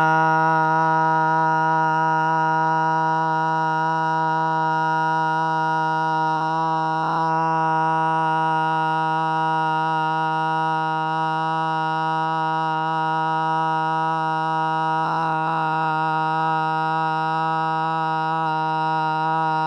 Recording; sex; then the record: sustained vowel /a/; female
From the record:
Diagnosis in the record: Parkinson's disease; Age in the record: 61 years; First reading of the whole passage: 53 s, 9.7 characters per second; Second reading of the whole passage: 51 s, 10.1 characters per second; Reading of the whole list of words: 49 s, 5.7 characters per second